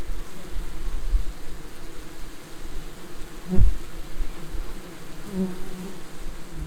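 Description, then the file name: Bees producing a steady low droning buzz, with one brief louder burst midway through. "pszczoly glosniejsze"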